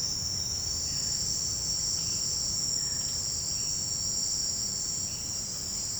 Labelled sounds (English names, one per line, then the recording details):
none
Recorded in secondary vegetation near Puerto Asís, Putumayo, Colombia, on 21 March 2025 at 17:00
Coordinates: 0.502, -76.326
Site G100